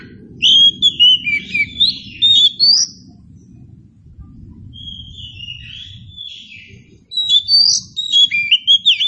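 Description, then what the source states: Oriental magpie-robin song: loud sweet whistles and chatter in two bursts, with a softer warble between, over a continuous low rumbling noise. Indonesian title says it is meant to make magpie-robins sing in reply.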